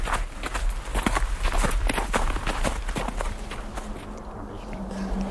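Steady footsteps crunching through snow, each step a coarse, gritty crunch in an even walking rhythm, continuing for several seconds with no voices.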